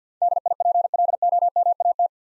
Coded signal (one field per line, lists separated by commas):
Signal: Morse code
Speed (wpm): 48 wpm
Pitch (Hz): 700 Hz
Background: none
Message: DIPLOMAT